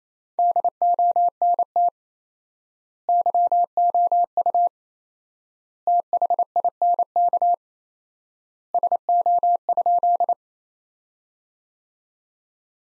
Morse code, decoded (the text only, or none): DONT YOU THINK SO?